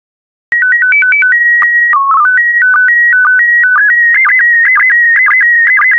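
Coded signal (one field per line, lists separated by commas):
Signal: SSTV (slow-scan television)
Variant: PD120 mode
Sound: steady whistle tones stepping in pitch, then warbling tone with regular short low blips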